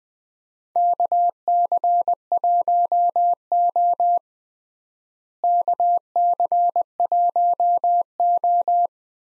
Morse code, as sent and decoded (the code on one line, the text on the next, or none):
-.- -.-. .---- --- / -.- -.-. .---- ---
KC1O KC1O